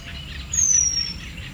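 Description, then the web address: Eurasian penduline tit: a single thin, high, sustained whistle that slides slowly down in pitch, set against a faint background chorus of birds. Hortobágy National Park, 2 May 2013; long-sustained calling. "allathangok hortobagyinemzetipark 2013. fuggocinege kakukk hosszantartoanfuggocinege esmasok 2013 majus 02"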